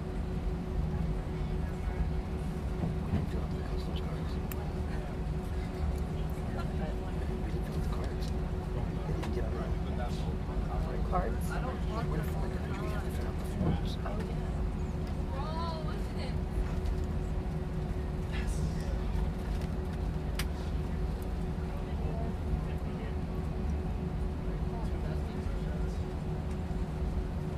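A steady, heavy airplane cabin roar fills the whole recording, with a constant low drone and two faint, even tones held above it. Murmured voices come and go, clearest around the middle, with a few scattered clicks and taps.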